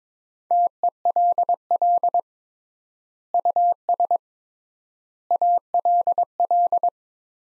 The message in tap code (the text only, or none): none